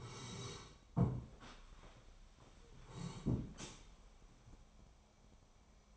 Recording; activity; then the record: daily activity, microphone in the room; sit down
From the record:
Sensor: 1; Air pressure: 1015.2 hPa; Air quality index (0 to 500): 198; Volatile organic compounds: 23 ppm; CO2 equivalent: 2778 ppm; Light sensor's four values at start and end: 13/31/13/14 and 13/31/13/14